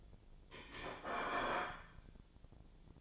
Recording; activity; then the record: daily activity, microphone in the room; place plate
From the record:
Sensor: 5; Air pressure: 1009.5 hPa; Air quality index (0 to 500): 169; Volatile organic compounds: 4 ppm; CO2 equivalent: 1641 ppm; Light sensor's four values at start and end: 95/254/103/109 and 95/254/103/109